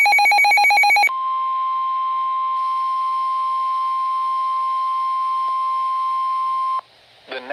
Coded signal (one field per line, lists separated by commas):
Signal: Emergency Alert System (SAME) tones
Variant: 1050 Hz attention tone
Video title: EAS Flash Flood Warning #2 (From LWX) 7/12/25 (Credit Goes To @SouthernPennsylvaniaWX)